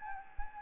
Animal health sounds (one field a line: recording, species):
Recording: mosquito wingbeat signal from an infrared sensor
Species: Anopheles arabiensis